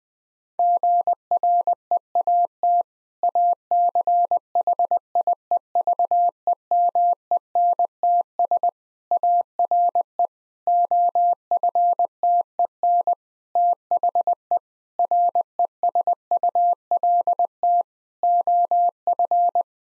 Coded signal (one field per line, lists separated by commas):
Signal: Morse code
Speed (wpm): 21 wpm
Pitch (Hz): 700 Hz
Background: none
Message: GREAT ACHIEVEMENTS ARE OFTEN THE RESULT OF